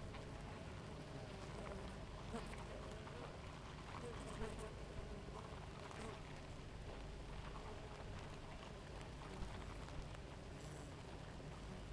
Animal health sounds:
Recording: honeybee colony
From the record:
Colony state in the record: active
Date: 28 July 2017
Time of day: 5:09

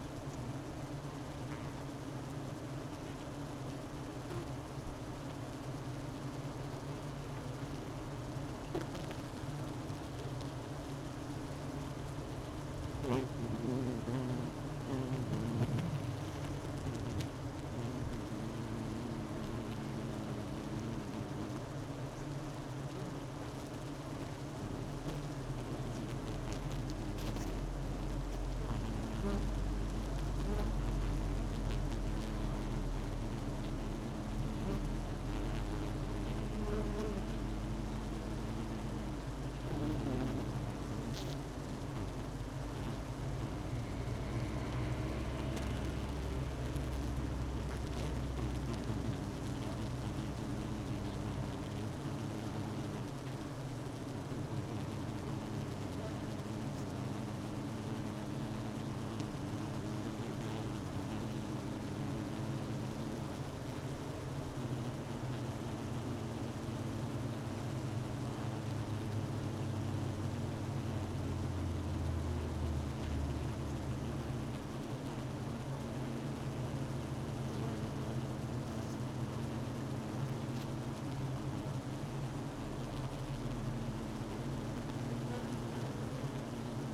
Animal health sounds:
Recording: honeybee colony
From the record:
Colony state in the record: missing queen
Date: 31 May 2018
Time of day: 12:27

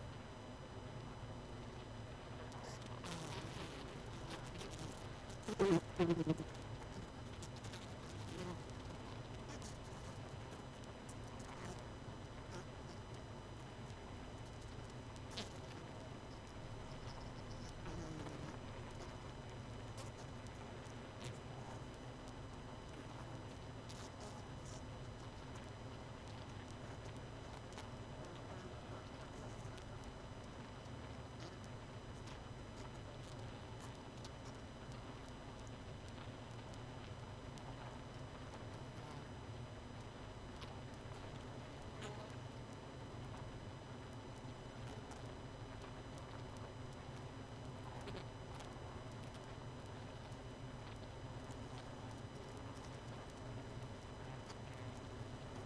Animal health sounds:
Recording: honeybee colony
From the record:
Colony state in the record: missing queen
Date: 31 May 2018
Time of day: 23:22

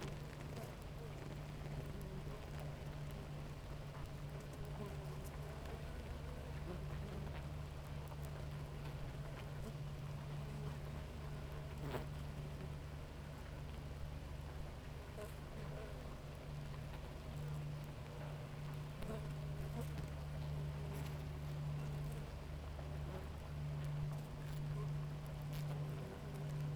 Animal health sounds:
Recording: honeybee colony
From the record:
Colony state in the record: active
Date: 28 July 2017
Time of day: 6:38

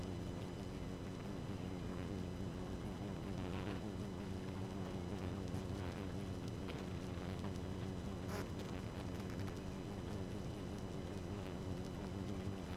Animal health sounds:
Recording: honeybee colony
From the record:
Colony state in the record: active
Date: 12 June 2018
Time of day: 2:50

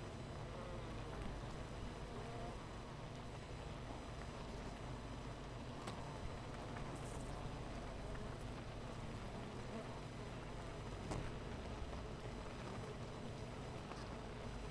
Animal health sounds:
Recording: honeybee colony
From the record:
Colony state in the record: missing queen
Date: 14 July 2017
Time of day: 8:50

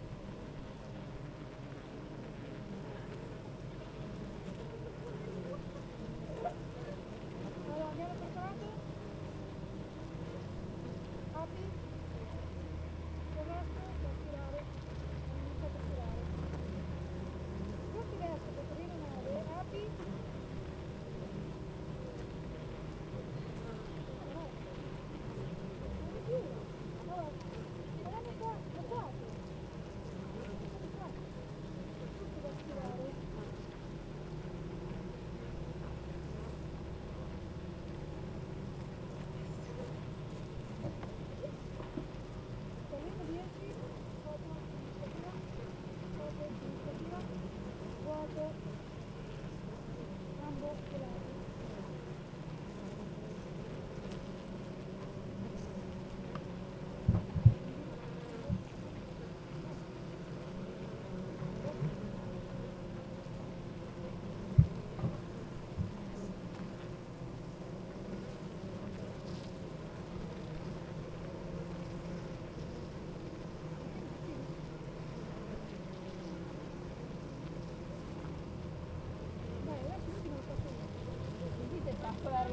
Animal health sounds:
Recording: honeybee colony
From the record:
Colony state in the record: active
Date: 28 July 2017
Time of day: 8:40

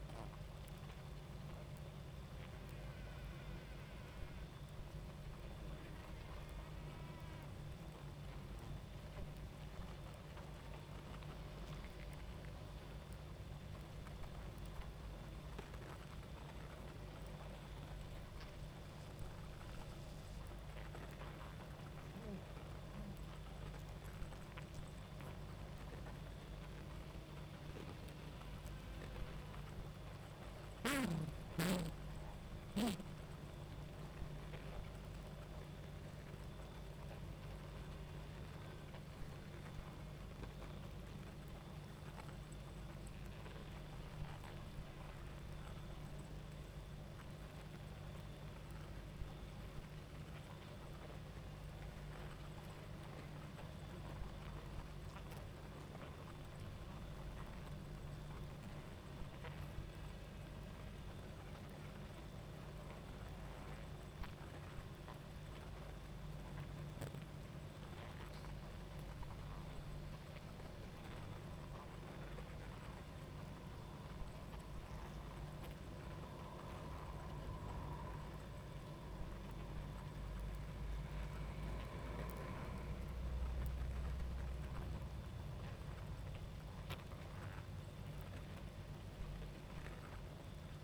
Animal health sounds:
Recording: honeybee colony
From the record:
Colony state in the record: active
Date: 28 July 2017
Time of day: 23:24

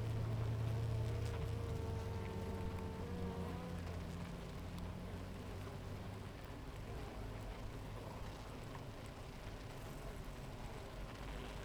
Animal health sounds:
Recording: honeybee colony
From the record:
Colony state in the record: active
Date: 28 July 2017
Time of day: 7:51

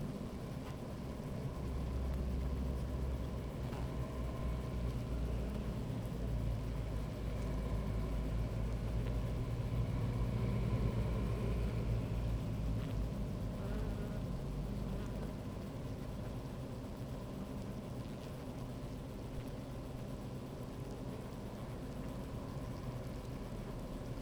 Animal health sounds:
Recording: honeybee colony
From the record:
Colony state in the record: active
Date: 28 July 2017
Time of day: 15:03

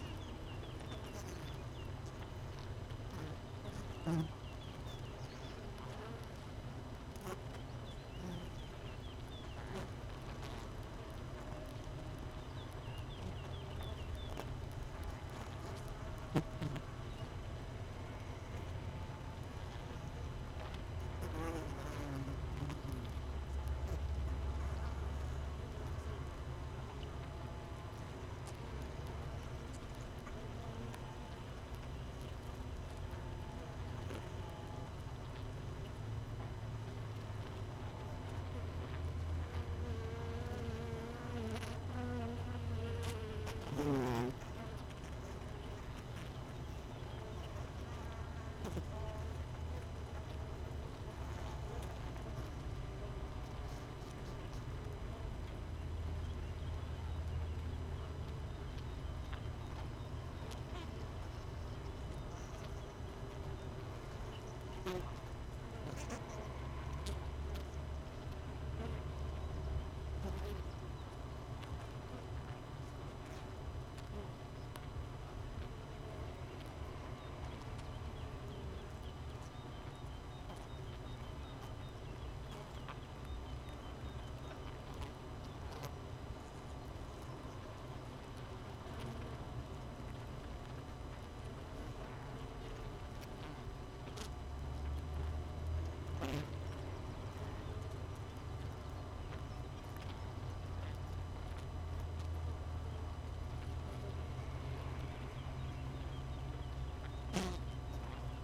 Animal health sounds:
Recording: honeybee colony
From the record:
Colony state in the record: missing queen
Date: 31 May 2018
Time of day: 5:57

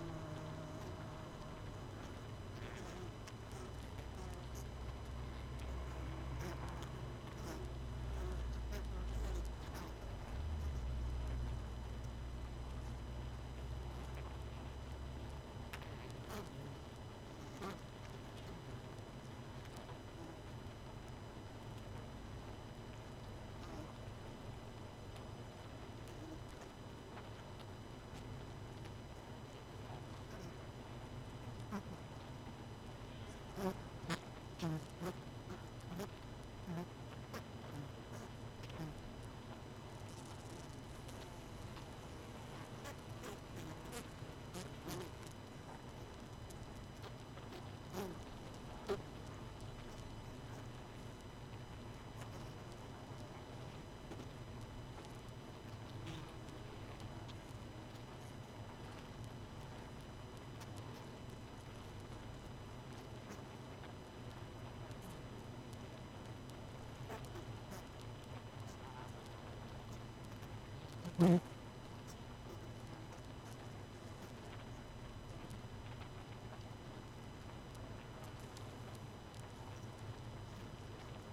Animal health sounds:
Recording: honeybee colony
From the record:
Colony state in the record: missing queen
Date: 31 May 2018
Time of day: 22:53

